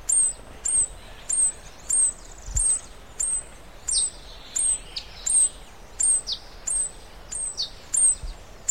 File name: white bellied hummingbird